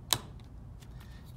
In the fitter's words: okay now we're going to take this end here this groove and we're just going to push it until you hear a snap